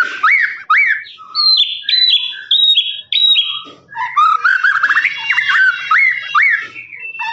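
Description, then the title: Lovebird song, a long chain of rapid upslurred squeaks and high tinny notes with buzzy rasps, continuing almost without pause. Long "ngekek" song, used for training birds. "FULL DURASI MASTERAN LOVEBIRD NGEKEK PANJANG"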